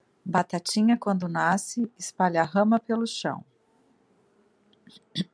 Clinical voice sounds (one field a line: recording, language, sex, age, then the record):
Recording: short text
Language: Brazilian Portuguese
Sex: female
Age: 40 to 49 years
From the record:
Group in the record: control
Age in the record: 48 years